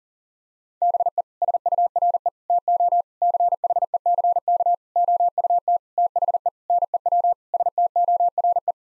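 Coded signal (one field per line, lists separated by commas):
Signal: Morse code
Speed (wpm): 40 wpm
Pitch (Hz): 700 Hz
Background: none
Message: BE SURE TO CHECK OUT THE NEW STORE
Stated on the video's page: Head-copy drill of sentences with common six-word phrases at 40 wpm, each sentence sent, spoken, then sent again.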